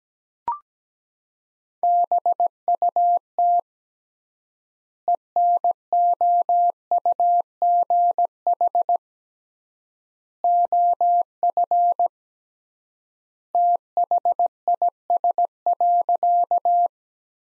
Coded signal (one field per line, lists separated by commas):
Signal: Morse code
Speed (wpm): 17 wpm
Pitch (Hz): 700 Hz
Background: none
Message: BUT ENOUGH OF THIS.